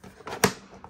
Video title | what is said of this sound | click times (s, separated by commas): Matchbox Action Drivers Ferry Port Playset - Unboxing and Review (New for 2023) | so it should just snap into place as long as I'm doing a right angle boom so | 0.4 s